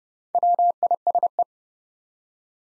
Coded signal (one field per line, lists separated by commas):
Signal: Morse code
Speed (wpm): 30 wpm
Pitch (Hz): 700 Hz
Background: none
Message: WISE